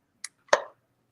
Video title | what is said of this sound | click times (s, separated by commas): Deviled Eggs (TD’s Devils) | oh we heard it pop but hold on here we go | 0.2 s, 0.5 s